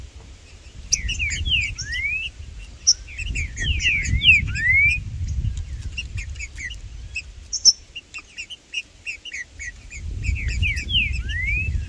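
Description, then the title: Green-winged saltator whistling brief slurred phrases between bursts of high chirping, over a persistent low rumble. Trinca-ferro in the bush chirping (piando), singing and macheando (male display) in competition with a free bird; birds named Blindado and Tufão. "Esse É PERFEITO Para ESQUENTAR Seu TRINCA Piando, Cantando E Macheando Na DISPUTA. Trinca Ferro no MATO Cantando e Macheando muito com Solto! Blindado e Tufão no mato"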